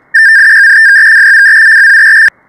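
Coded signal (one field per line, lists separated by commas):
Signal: digital selective calling (DSC)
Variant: HF DSC, 100 baud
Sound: a two-second burst of rapidly warbling two-tone chirping near 1.7 kHz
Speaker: an audio file that will actually let you listen in onto what it sounds like so here it is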